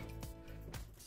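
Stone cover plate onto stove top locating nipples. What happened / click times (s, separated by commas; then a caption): The cover plate is being handled and has not yet seated / none. A stone cover plate is handled over the top of a new wood stove, with locating nipples on the stove meant to centre in recesses in the stone. Two short knocks are heard at about 0.2 and 0.7 seconds over background music. Nothing has seated or clicked into place yet.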